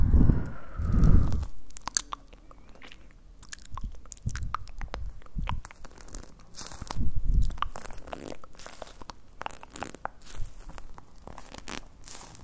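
Relaxing mouth sounds: a dense run of wet clicks, small crunches and chewing noises, some sharp and bright. A heavier low thump opens the clip near the start, with further soft bursts around 4 and 7 seconds, while the clicking continues unevenly throughout.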